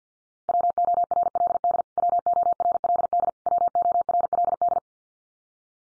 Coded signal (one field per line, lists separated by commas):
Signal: Morse code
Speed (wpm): 50 wpm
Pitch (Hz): 700 Hz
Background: none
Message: WORLD WORLD WORLD